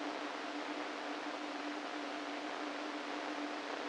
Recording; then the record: brain microelectrode recording played as sound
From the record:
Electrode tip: inside the subthalamic nucleus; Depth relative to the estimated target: 1 mm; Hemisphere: right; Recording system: NeuroSet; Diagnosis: Parkinson's disease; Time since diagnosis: 13 years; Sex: male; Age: 49 years